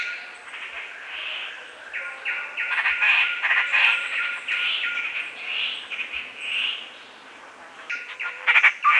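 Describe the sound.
Fluffy-backed tit-babbler giving dense, overlapping chattering notes that swell and ebb, ending in sharper louder bursts, with a constant faint tone behind.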